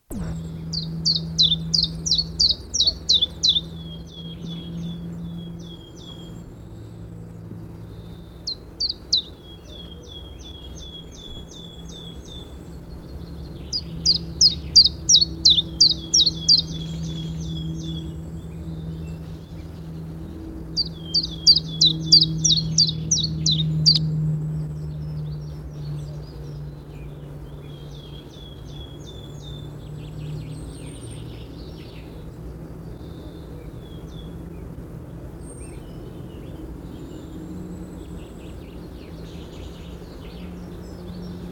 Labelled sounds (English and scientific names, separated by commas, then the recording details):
Common Chiffchaff (Phylloscopus collybita) song
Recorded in the wild
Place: Borovez, Rila-Gebirge, Sofia, BG
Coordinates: 42.271, 23.601
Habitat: Mountains
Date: 1974-05-27
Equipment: Nagra III BH, Sennheiser MD 21, parabola
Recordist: Schubert, Michael